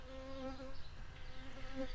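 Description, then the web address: Shrill carder bee buzzing, a steady droning hum with a clear fundamental and harmonics, faint and continuous apart from a brief break midway, over low background rumble. Workers. "Sylvarum workers"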